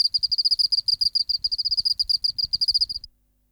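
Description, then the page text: Oceanic field cricket song: fast high chirping pulses for about three seconds, then stopping into silence, with faint low rumbling underneath. Museum specimen in the BMNH Acoustic Laboratory, 19 March 1984, 11:15 local time, 24 °C, 30% humidity, still air, dim light. "412:14 Teleogryllus oceanicus (514r2). BioAcoustica. Natural History Museum Sound Archive. Recording Location: BMNH Acoustic Laboratory Recorded by: W. J. Reynolds Date Recorded: Mandag, marts 19, 1984 Local time: 1115"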